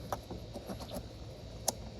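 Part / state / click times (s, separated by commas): wiring harness connector into headlight assembly socket / seated / 1.7 s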